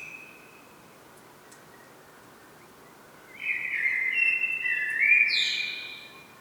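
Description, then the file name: Common blackbird: faint tail of a phrase, a quiet gap, then a warbled run of clear whistles ending in a high squeaky twitter. "Turdus merula"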